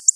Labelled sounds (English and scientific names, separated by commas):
Black-throated Blue Warbler (Setophaga caerulescens) flight call